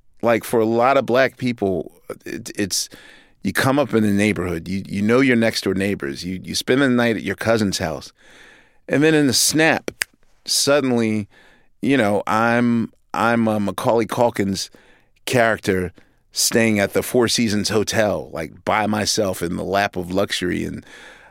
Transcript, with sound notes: Like, for a lot of Black people, you come up in a neighborhood. You know your next-door neighbors. You spend the night at your cousin's house. And then in a snap (snapping), suddenly, you know, I'm Macaulay Culkin's character staying at the Four Seasons hotel, like, by myself in the lap of luxury.